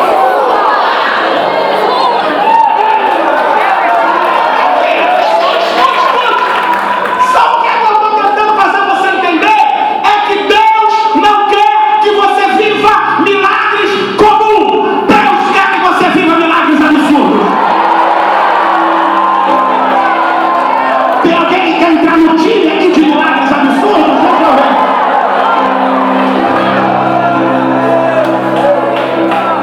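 An audience in Niterói shouts at the people beside them all at once, a loud, dense wall of overlapping voices, whoops and cries that stays steady for about thirty seconds with no single voice standing out.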